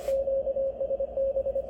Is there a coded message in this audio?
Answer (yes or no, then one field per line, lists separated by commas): yes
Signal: Morse code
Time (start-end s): 0.1-1.6 s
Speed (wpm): 24 wpm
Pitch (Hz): 540 Hz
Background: radio noise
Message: QSB